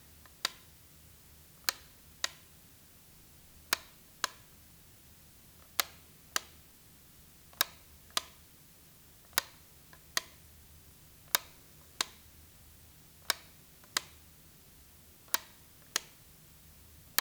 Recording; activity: daily activity, guitar pickup as the sensor; operate light